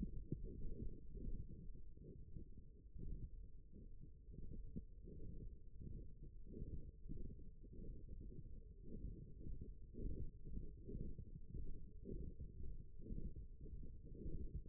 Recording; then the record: forearm muscle sounds (acoustic myography)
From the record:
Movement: thumb flexion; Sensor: system 1, eight BSWA MPA416 microphones around the upper forearm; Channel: 7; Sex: male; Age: 23 years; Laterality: right